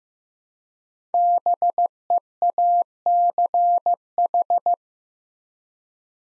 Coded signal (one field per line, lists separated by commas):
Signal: Morse code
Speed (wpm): 15 wpm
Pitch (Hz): 700 Hz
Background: none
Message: BEACH